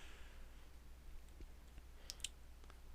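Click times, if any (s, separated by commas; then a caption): 2.1 s, 2.2 s. Plastic beam effect saber blades are hooked into the binder grippers of a Master Grade Gundam AGE-2 Double Bullet model kit. After faint handling ticks, two sharp clicks are heard at 2.1 and 2.25 seconds as the blades hook in and lock into place.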